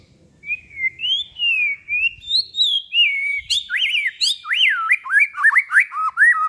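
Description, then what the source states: White-rumped shama song of drawn-out whistled notes that climb in pitch, then turn into bouncy looping phrases, with faint low rumbling underneath. Long-duration song used as a lure for trapping.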